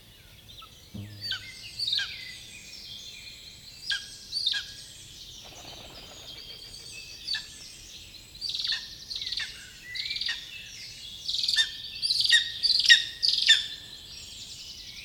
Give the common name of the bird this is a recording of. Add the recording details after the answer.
Lesser Spotted Eagle. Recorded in the wild. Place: Klein-Mützkow, Mecklenburg-Vorpommern, DE. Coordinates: 54.309, 13.077. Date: 1975-05-18 08:00. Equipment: Nagra III BH, Sennheiser MD 21. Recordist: Schubert, Michael. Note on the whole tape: Schreiadler, heiserer Triller-Ruf eines Ex. auf oder am Horst